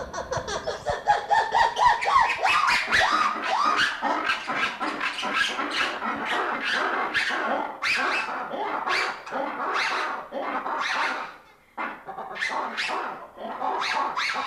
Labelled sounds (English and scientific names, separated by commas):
Black-and-white Ruffed Lemur (Varecia variegata)